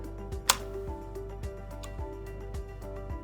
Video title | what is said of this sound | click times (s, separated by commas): Termination of Infralink's Pre-Polished Fiber Optic Connector | you need to push in The Cutting mechanism until you hear a click | 0.5 s